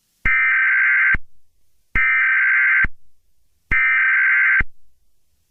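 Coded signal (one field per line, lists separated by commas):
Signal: Emergency Alert System (SAME) tones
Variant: header bursts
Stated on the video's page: Fictional EAS scenario.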